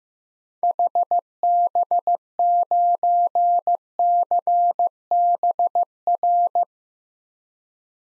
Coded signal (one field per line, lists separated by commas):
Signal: Morse code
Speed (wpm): 15 wpm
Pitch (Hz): 700 Hz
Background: none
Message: HB9CBR